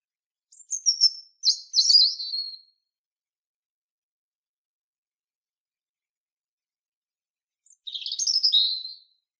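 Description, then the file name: European robin singing two sparkling, high warbled phrases of trills and thin whistles, separated by about five seconds of silence. "Erithacus rubecula"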